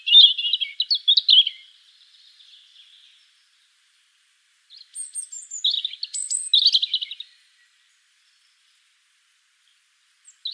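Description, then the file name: European robin singing two separate high, tumbling phrases of sharp twittering notes, with a faint thin trailing note after the first and a long quiet gap between. "Erithacus rubecula"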